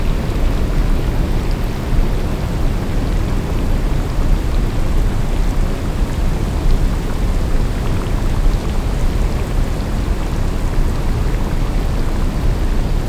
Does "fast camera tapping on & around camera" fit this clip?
no